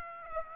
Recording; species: mosquito wingbeat signal from an infrared sensor; Aedes aegypti